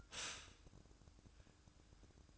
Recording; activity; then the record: daily activity, microphone in the room; stop toaster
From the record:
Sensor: 2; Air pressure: 1007.0 hPa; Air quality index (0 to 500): 39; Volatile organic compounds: 1 ppm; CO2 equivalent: 538 ppm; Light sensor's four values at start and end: 6/13/5/5 and 6/13/5/5